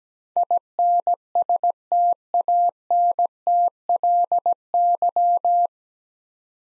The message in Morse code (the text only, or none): INSTANTLY